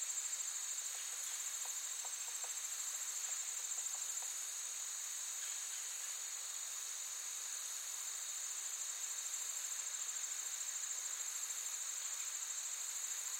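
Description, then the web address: Insects sustaining a bright, high buzzing chorus, with faint soft ticks early on. Forest ambience with active insects, looped. "Blastwave AMBIENCE Forest. forest active insects birds loop"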